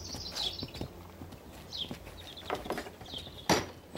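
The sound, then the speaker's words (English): A horse lying down, resting in a stable, shifts about, its hooves knocking and scuffing in a few irregular, hollow thuds, with a low rustle underneath and faint high bird chirps scattered throughout. “He's lying down. Well, they do, you know. Horses, like us.”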